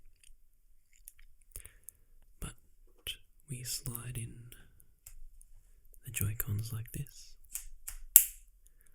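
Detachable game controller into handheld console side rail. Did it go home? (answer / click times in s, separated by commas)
yes / 8.2 s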